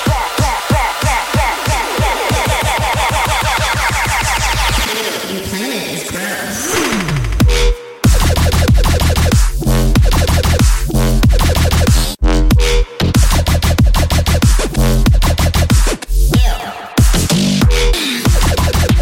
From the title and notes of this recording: Robot noises.